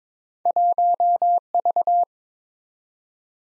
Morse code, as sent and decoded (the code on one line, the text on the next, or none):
.---- ...-
1V